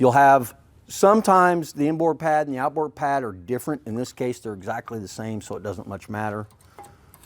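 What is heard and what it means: Someone talks while handling two identical disc brake pads, inboard and outboard, for the caliper mounting bracket clips on a 2010 Ford F-150 pickup's brake. A brief faint tick sounds near 6.8 s, but nothing has seated or clicked yet.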